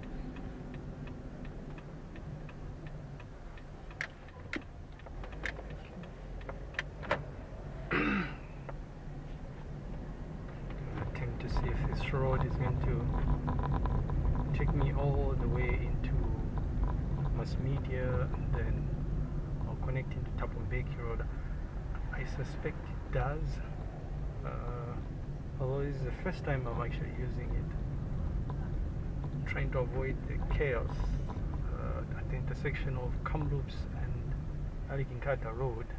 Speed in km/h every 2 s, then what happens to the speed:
22, 13, 7, 9, 13, 15, 21, 21, 21, 20, 13, 12, 14, 18, 19, 17, 15, 10.
0-4 brakes to 7. 4-12 speeds up to 21. 12-17 steady at about 21. 17-22 slows to 12. 22-28 speeds up to 19. 28-36 slows to 10.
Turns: 3-7.